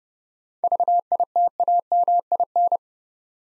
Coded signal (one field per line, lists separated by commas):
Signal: Morse code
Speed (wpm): 28 wpm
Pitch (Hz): 700 Hz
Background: none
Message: VITAMIN